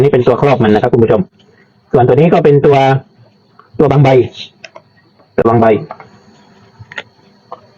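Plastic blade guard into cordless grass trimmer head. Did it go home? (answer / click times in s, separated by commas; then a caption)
no / none. Someone talks in bursts while handling a plastic blade guard at the head of a cordless grass trimmer, getting ready to push it into its lock. Between the speech, brief faint ticks and taps of handling are heard around 4.7, 4.8, 6.9, 7.0 and 7.5 seconds. Nothing has seated or clicked into place yet.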